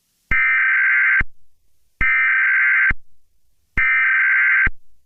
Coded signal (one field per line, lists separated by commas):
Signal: Emergency Alert System (SAME) tones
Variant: header bursts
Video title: The Storm of all Storms: A Mega EAS Scenario